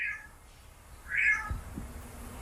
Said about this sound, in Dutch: Is het een gaai? Ja, je denkt een kat, maar nee, het is een gaai. En wat doen kraaiachtigen vaak? Ze imiteren predatoren om die een beetje in de war te brengen.